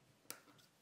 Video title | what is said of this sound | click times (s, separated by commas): How to replace iphone 7 screen and battery | there you go I heard a click | 0.3 s